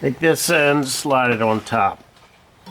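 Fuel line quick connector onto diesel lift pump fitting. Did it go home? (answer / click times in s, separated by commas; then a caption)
no / none. Someone talks while handling the plastic quick-connect end of a fuel line, about to slide it onto the diesel lift pump fitting on a Duramax. Nothing has seated or clicked yet; the clip ends with a short quiet stretch after the speech.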